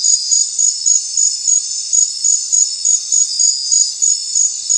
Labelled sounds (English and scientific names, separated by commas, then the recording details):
none
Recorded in secondary vegetation near Puerto Asís, Putumayo, Colombia, on 25 June 2025 at 20:30
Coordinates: 0.499, -76.323
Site G077